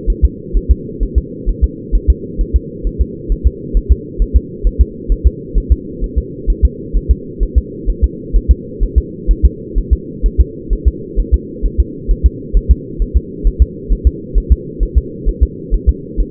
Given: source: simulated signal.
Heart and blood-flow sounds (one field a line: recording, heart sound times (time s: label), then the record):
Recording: fetal heart sounds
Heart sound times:
0.10 s: S1
0.25 s: S2
0.57 s: S1
0.71 s: S2
1.03 s: S1
1.18 s: S2
1.49 s: S1
1.64 s: S2
1.95 s: S1
2.10 s: S2
2.41 s: S1
2.56 s: S2
2.87 s: S1
3.01 s: S2
3.32 s: S1
3.47 s: S2
3.77 s: S1
3.92 s: S2
4.22 s: S1
4.37 s: S2
4.67 s: S1
4.81 s: S2
5.12 s: S1
5.27 s: S2
5.58 s: S1
5.72 s: S2
6.04 s: S1
6.18 s: S2
6.50 s: S1
6.65 s: S2
6.97 s: S1
7.11 s: S2
7.43 s: S1
7.58 s: S2
7.90 s: S1
8.04 s: S2
8.36 s: S1
8.51 s: S2
8.83 s: S1
8.98 s: S2
9.31 s: S1
9.46 s: S2
9.78 s: S1
9.93 s: S2
10.26 s: S1
10.41 s: S2
10.73 s: S1
10.88 s: S2
11.20 s: S1
11.34 s: S2
11.66 s: S1
11.80 s: S2
12.11 s: S1
12.26 s: S2
12.57 s: S1
12.71 s: S2
13.02 s: S1
13.17 s: S2
13.47 s: S1
13.62 s: S2
13.92 s: S1
14.07 s: S2
14.38 s: S1
14.52 s: S2
14.83 s: S1
14.98 s: S2
15.28 s: S1
15.43 s: S2
15.74 s: S1
15.89 s: S2
16.20 s: S1
From the record:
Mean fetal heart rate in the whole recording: 130 bpm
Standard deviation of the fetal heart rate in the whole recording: 2 bpm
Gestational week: 36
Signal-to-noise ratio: -4.1 dB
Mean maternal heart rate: no maternal heart sound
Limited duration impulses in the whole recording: absent